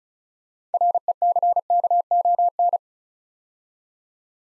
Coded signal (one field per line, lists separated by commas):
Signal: Morse code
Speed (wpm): 34 wpm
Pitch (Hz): 700 Hz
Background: none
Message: RECKON